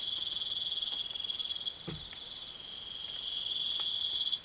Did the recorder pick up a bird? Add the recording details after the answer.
no. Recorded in pastures near Puerto Asís, Putumayo, Colombia, on 24 March 2025 at 04:00. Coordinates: 0.487, -76.322. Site G077